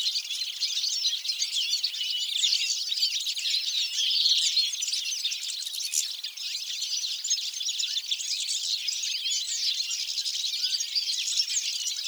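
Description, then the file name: European goldfinch calling, many birds' high, liquid twitters and buzzy chirps running together into a continuous chatter. "Carduelis carduelis"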